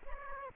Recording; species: mosquito wingbeat signal from an infrared sensor; Aedes aegypti